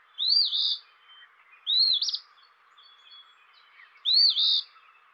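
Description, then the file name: Eastern phoebe song: three raspy, two-noted phrases, the second buzzier and stuttered, with pauses of one to two seconds between them and a soft hiss behind. "dan gibsons solitudes eastern phoebe"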